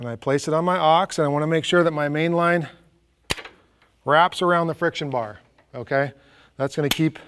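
A rescue main line is placed on an ax and wrapped around the friction bar of a descender device while someone talks. The line is being handled but nothing has seated or clicked into the friction bar yet.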